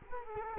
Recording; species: mosquito wingbeat signal from an infrared sensor; Culex quinquefasciatus